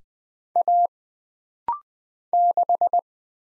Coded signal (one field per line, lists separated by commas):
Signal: Morse code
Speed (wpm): 20 wpm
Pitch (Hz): 700 Hz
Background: none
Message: A 6